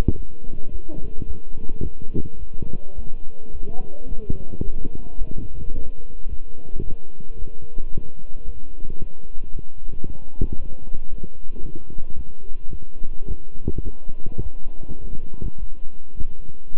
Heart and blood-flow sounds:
heart sounds by stethoscope; between the tricuspid and mitral areas; 109 bpm
0.15 s: heartbeat
0.70 s: heartbeat
1.25 s: heartbeat
1.81 s: heartbeat
2.37 s: heartbeat
2.93 s: heartbeat
3.50 s: heartbeat
4.06 s: heartbeat
4.62 s: heartbeat
5.17 s: heartbeat
5.72 s: heartbeat
6.27 s: heartbeat
6.82 s: heartbeat
7.37 s: heartbeat
7.90 s: heartbeat
8.44 s: heartbeat
8.98 s: heartbeat
9.51 s: heartbeat
10.04 s: heartbeat
10.57 s: heartbeat
11.09 s: heartbeat
11.61 s: heartbeat
12.14 s: heartbeat
12.69 s: heartbeat
13.26 s: heartbeat
13.82 s: heartbeat
14.41 s: heartbeat
15.00 s: heartbeat
15.57 s: heartbeat
16.15 s: heartbeat
16.72 s: heartbeat
From the record:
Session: walking at 3.7 km/h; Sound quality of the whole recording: good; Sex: male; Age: 26 years

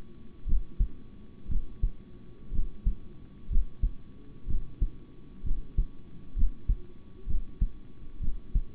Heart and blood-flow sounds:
heart sounds by stethoscope; between the tricuspid and mitral areas; 62 bpm
0.45 s: heartbeat
1.48 s: heartbeat
2.51 s: heartbeat
3.49 s: heartbeat
4.46 s: heartbeat
5.43 s: heartbeat
6.35 s: heartbeat
7.26 s: heartbeat
8.20 s: heartbeat
From the record:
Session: rest, sitting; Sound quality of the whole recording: good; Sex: male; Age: 26 years

